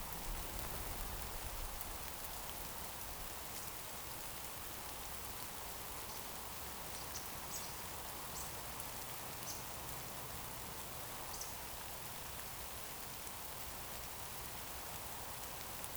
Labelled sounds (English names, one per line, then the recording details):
Eurasian Woodcock
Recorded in Baden-Württemberg, Germany, on 28 June 2020 at 20:05 UTC
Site 43791, 788 m above sea level